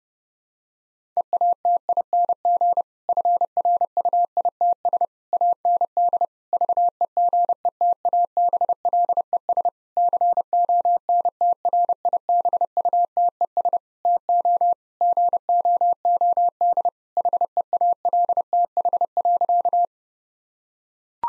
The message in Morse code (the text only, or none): EATING FRUITS AND VEGETABLES CONTRIBUTES TO GOOD HEALTH.